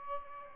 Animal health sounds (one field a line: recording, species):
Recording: mosquito wingbeat signal from an infrared sensor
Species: Aedes albopictus